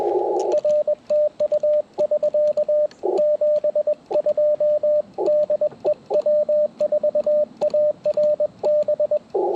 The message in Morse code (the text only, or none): R TU <SK> 72 DE W4ARB